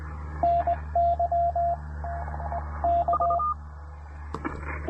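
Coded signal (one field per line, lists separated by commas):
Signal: Morse code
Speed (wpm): 20 wpm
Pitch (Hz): 690 Hz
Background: radio noise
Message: NY K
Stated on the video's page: Trailside Parks on the Air activation using a TR-45L transceiver and PackTenna random wire antenna.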